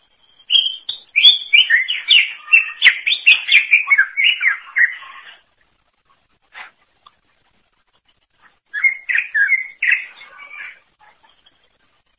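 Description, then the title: Greater green leafbird singing a tumbling run of varied whistles and chatters for several seconds, then near silence, then a shorter burst of slurred notes. "Cucak ijo"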